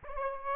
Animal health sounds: mosquito wingbeat signal from an infrared sensor; Aedes aegypti

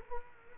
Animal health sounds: mosquito wingbeat signal from an infrared sensor; Culex quinquefasciatus

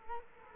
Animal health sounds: mosquito wingbeat signal from an infrared sensor; Culex quinquefasciatus

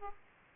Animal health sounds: mosquito wingbeat signal from an infrared sensor; Aedes aegypti

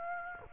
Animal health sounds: mosquito wingbeat signal from an infrared sensor; Aedes aegypti

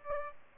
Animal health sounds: mosquito wingbeat signal from an infrared sensor; Aedes albopictus

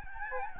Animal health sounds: mosquito wingbeat signal from an infrared sensor; Aedes albopictus

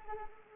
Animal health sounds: mosquito wingbeat signal from an infrared sensor; Anopheles arabiensis

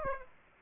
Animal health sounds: mosquito wingbeat signal from an infrared sensor; Aedes aegypti

